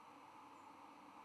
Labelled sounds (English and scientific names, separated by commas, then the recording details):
White-throated Sparrow (Zonotrichia albicollis) flight call
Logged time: 08:43 on 10 November 2014